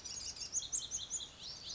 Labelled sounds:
Pacific Wren (Troglodytes pacificus)
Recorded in Sonoma County, California

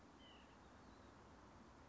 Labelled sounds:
White-breasted Nuthatch (Sitta carolinensis)
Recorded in Sonoma County, California

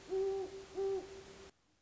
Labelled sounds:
Great Horned Owl (Bubo virginianus)
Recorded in Sonoma County, California

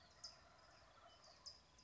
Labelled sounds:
Wild Turkey (Meleagris gallopavo)
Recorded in Sonoma County, California

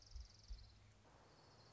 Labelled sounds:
Orange-crowned Warbler (Leiothlypis celata)
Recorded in Sonoma County, California

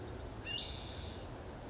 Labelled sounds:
Spotted Towhee (Pipilo maculatus)
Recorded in Sonoma County, California

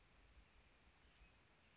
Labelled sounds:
Chestnut-backed Chickadee (Poecile rufescens)
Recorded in Sonoma County, California

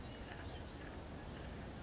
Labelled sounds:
Blue-gray Gnatcatcher (Polioptila caerulea)
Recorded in Sonoma County, California

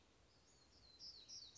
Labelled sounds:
Western Flycatcher (Empidonax difficilis)
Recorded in Sonoma County, California

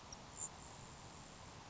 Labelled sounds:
Grasshopper Sparrow (Ammodramus savannarum)
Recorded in Sonoma County, California

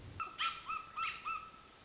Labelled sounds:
American Robin (Turdus migratorius)
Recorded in Sonoma County, California

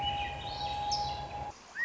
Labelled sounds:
Swainson's Thrush (Catharus ustulatus)
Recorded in Sonoma County, California

